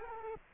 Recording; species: mosquito wingbeat signal from an infrared sensor; Culex quinquefasciatus